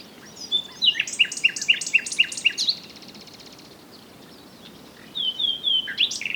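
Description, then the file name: Common nightingale song: a run of loud, evenly repeated sharp notes with buzzy overtones, a pause of quiet, then a new phrase of whistled notes. "Luscinia megarhynchos"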